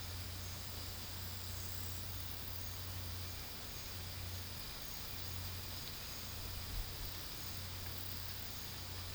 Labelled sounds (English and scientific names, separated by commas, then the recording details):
none
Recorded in pastures near Puerto Asís, Putumayo, Colombia, on 8 March 2025 at 13:00
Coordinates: 0.472, -76.329
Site G074